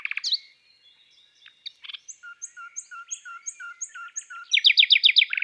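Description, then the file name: Common nightingale song of soft clicks, evenly spaced paired high and low notes, then a loud rapid trill closing the phrase. From an album of bird songs of woods and forests. "Rossignol philomele Chants doiseaux des bois et des forets"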